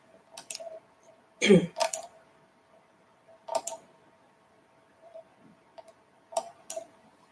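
A typewriter on a table types by itself, printing out a page, its keys striking sharply in sparse, irregular bursts, a few quick clacks at a time with pauses between, over a faint steady hum. No voices.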